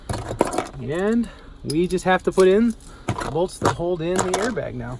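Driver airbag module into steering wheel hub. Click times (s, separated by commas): 0.4 s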